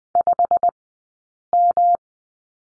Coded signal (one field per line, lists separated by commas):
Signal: Morse code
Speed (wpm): 20 wpm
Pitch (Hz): 700 Hz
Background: none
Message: 5M